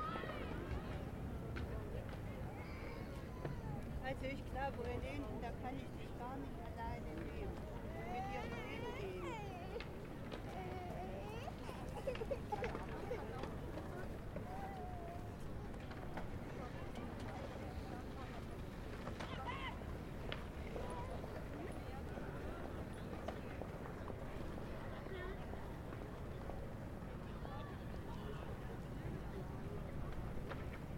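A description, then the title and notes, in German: A busy crowd scene at Alexanderplatz in Berlin, with many voices talking over one another in a steady, dense murmur. A low rumble of traffic runs underneath throughout, and the level stays even for the whole half minute, with occasional brief louder voices and clatters. Alexander Platz Berlin 2010 by Alejandro Cornejo Montibeller.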